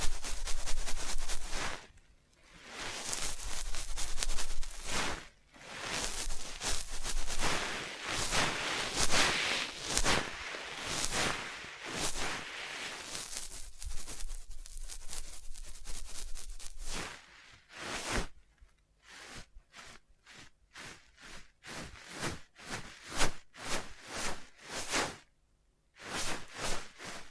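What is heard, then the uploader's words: Dry tapping, scratching and tracing on a surface, with bright bursts of rough scraping in the first half that blur into near-continuous rubbing. After about seventeen seconds the sounds break apart into separate quick taps and short strokes, with brief silences between them. ASMR Simple But Effective Tapping, Scratching, Tracing and Panning (No Talking).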